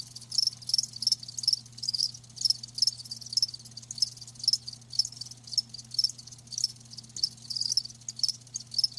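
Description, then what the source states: Cricket chirping, repeated high pulses with a low hum beneath. Live crickets chirping with a lulling song.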